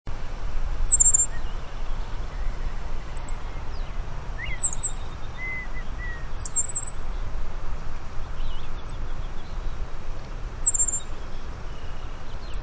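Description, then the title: Black-masked Finch giving short, high notes every two seconds or so, with quieter calls of other birds and steady low background noise. Subspecies melanotis. "LuckyPassaro Completos2Sama. Black-masked Finch"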